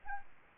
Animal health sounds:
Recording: mosquito wingbeat signal from an infrared sensor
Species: Aedes albopictus

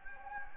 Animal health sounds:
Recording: mosquito wingbeat signal from an infrared sensor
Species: Anopheles gambiae

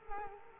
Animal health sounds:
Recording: mosquito wingbeat signal from an infrared sensor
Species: Culex pipiens

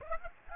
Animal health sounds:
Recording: mosquito wingbeat signal from an infrared sensor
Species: Aedes aegypti

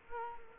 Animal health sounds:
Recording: mosquito wingbeat signal from an infrared sensor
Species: Culex quinquefasciatus

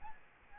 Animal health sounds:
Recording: mosquito wingbeat signal from an infrared sensor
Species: Aedes albopictus

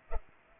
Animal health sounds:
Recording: mosquito wingbeat signal from an infrared sensor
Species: Culex pipiens

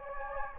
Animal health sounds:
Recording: mosquito wingbeat signal from an infrared sensor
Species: Anopheles gambiae

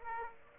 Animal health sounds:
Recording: mosquito wingbeat signal from an infrared sensor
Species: Aedes aegypti

